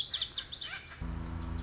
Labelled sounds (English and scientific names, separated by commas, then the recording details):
Lazuli Bunting (Passerina amoena)
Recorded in Sonoma County, California